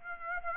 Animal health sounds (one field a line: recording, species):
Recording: mosquito wingbeat signal from an infrared sensor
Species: Aedes aegypti